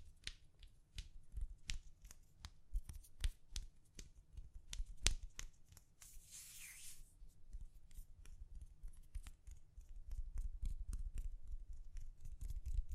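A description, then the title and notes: Gentle tapping sounds as a steady run of light, crisp clicks, several per second, some sharper and brighter than others. Around six to seven seconds a brief hissy swish rises over the taps, and a soft low rumble runs underneath throughout. ASMR Gently Tapping You to Sleep (No Talking).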